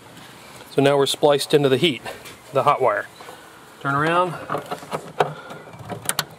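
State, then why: Seated. A wire splice tap connector, spliced onto the hot wire of a BMW E38 taillight harness, is turned around and snapped back into place while someone talks. Two sharp plastic snaps at 6.1 s and 6.2 s confirm the connector has seated.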